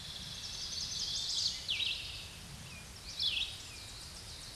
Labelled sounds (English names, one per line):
Chestnut-sided Warbler song